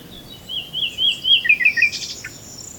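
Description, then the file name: Common nightingale song: a run of clear whistled notes sliding up and down, ending in a few quick sharp chirps. "Luscinia megarhynchos"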